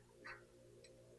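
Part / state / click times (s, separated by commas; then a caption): fuel injector into cylinder head bore / not seated / none. A new diesel fuel injector, fitted with its crush washer and hold-down, is pushed by hand toward its bore in an engine cylinder head over a steady low hum. A brief scraping rustle is heard around 0.3 s, followed by a faint, short high tick near 0.85 s. Nothing has seated or snapped in yet.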